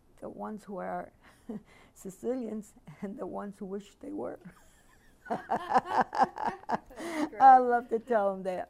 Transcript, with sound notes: the ones who are Sicilians, and the ones who wish they were. (They laugh)
That's great.
I love to tell them that.